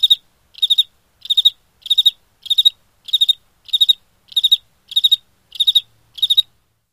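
Cricket chirping in short pulsed bursts, each a quick cluster of high trills, repeated roughly every 0.6 seconds in a steady rhythm with no other sounds.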